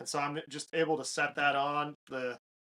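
A Vortex Razor HD 13-39x56 spotting scope, with its built-in ARCA-style plate, is being handled as it is set toward a tripod head's quick-release clamp while someone talks throughout. Nothing has seated or clicked yet; the plate is not yet home in the clamp.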